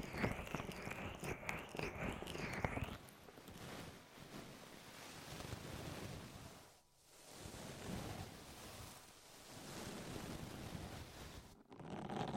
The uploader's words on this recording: ASMR Sleep With Deep Ear Massage (No Talking).